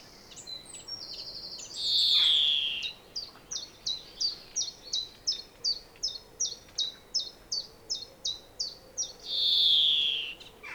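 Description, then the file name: European greenfinch with two long buzzy downslurred wheezes, separated by an evenly spaced string of short high chirps. "Chloris chloris"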